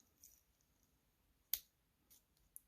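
A stainless steel oyster-style bracelet with a glide lock on a Pepsi GMT watch from eBay is worked by hand, and its fold-over clasp releases from its catch with a strong, sharp click at 1.5 s. Faint handling ticks come before it and a smaller snap follows near 2.6 s. The clasp comes undone and is released.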